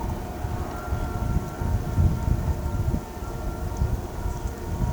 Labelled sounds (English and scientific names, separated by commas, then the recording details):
none
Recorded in pastures near Pivijay, Magdalena, Colombia, on 14 April 2023 at 16:30
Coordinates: 10.456, -74.369
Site P6-G026